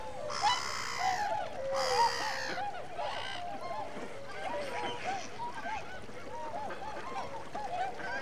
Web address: BBC Sound Effects Library BBC - Animals and Birds Winter Migrant Waterfowl